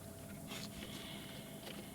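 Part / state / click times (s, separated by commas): plastic wiring harness clip into a mounting hole in the engine bay / not seated / none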